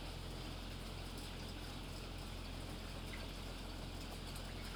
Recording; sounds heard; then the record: poultry house recording; healthy chickens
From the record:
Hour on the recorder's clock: 19